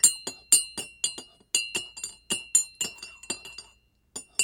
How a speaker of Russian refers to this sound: В другом стакане разведем в воде немного мыла.